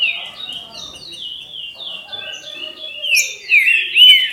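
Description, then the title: Green-winged saltator gives a brisk series of clear, falling whistles that grows louder and richer in the final second. "Trinca Ferro"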